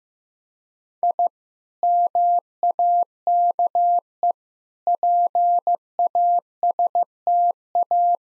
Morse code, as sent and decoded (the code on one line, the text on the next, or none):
.. / -- .- -.- . / .--. .- ... - .-
I MAKE PASTA